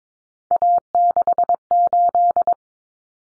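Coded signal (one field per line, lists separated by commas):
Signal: Morse code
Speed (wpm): 22 wpm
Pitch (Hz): 700 Hz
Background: none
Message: A68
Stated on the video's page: Morse practice of common three-digit cut numbers at 22 wpm, T, A, N for 0, 1, 9, each sent, spoken, sent again.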